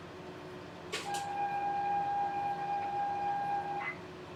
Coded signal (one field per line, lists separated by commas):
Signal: ZX Spectrum tape loading